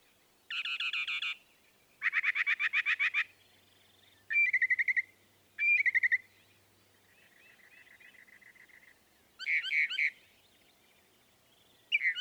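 Northern mockingbird delivering a mix of buzzy rattles, rapid trills and sharp whistled notes, changing phrase type every second or two.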